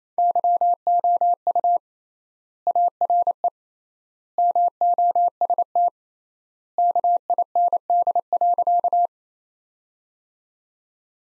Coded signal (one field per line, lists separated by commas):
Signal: Morse code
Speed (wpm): 28 wpm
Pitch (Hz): 700 Hz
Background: none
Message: YOU ARE MOST KIND.